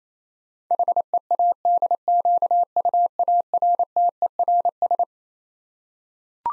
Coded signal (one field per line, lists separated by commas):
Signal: Morse code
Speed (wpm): 28 wpm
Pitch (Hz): 700 Hz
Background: none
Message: HEADQUARTERS